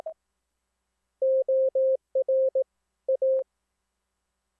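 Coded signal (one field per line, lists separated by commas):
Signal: Morse code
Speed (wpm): 18 wpm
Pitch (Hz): 530 Hz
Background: none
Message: OR A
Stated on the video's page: Three CW operators sending at zero hertz from a CW keyboard; the receiving operator's SDR mixer sets each one's pitch and a stereo panner places it left to right.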